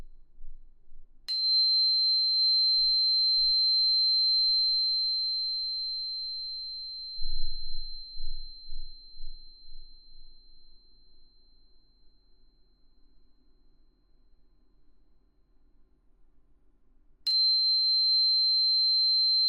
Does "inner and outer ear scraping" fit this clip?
no